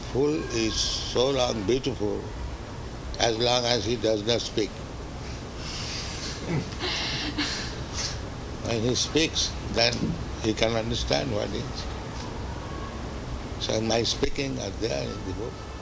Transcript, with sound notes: "A fool is so long beautiful as long as he does not speak." [laughter] When he speaks, then you can understand what he is. So my speaking are there in the books,